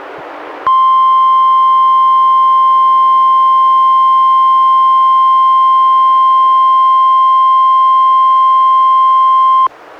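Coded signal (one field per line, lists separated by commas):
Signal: Emergency Alert System (SAME) tones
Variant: 1050 Hz attention tone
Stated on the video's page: NOAA Weather Radio required weekly tests from NWS, relayed by NWR station, recorded from a Reecom R-1630 weather radio through a Zoom H1 recorder.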